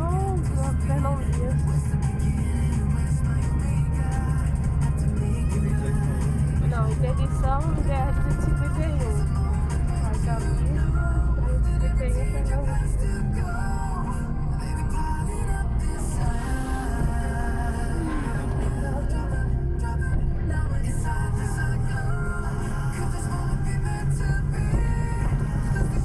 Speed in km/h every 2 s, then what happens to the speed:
31, 30, 31, 32, 31, 22, 20, 15, 9, 7, 13, 17, 22.
0-8 steady at about 31. 8-17 slows to 7. 17-26 speeds up to 22.